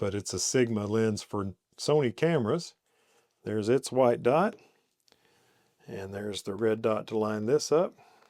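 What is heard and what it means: Someone talks while lining up the white index dot on a Sigma lens made for Sony cameras with the red dot on a metal Viltrox E-Z mount adapter on a Nikon camera body, ready to twist the lens bayonet into the adapter mount. Only faint, brief handling ticks are heard between the speech, near 5.1 s and 8.3 s. Nothing has seated or clicked yet.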